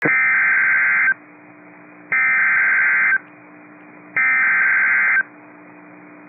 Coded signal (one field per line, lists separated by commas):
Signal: Emergency Alert System (SAME) tones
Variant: header bursts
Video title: Severe Thunderstorm Warning (Columbia and Dane Counties, WI) (5/15/25) [EAS #162]